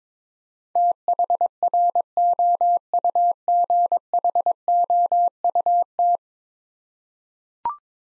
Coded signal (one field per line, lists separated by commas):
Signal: Morse code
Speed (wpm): 22 wpm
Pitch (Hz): 700 Hz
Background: none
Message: THROUGHOUT